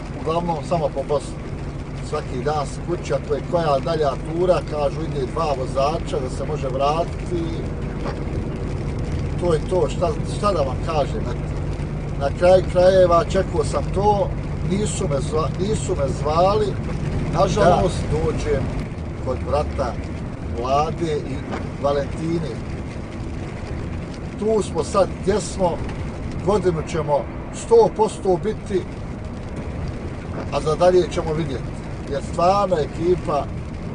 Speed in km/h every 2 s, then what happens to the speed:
69, 68, 68, 68, 69, 70, 71, 71, 71, 72, 71, 71, 70, 70, 70, 69, 68.
0-34 steady at about 70.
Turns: none.